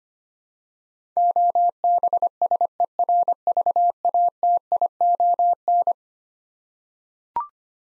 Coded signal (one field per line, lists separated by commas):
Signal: Morse code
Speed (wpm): 25 wpm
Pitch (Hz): 700 Hz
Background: none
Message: OBSERVATION